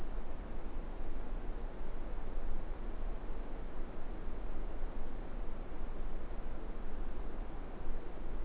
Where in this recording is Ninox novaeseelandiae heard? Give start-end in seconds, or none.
none